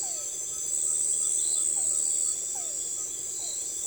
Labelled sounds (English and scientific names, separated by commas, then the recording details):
none
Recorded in forest near Pivijay, Magdalena, Colombia, on 13 April 2023 at 02:30
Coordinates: 10.467, -74.380
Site Z5-G034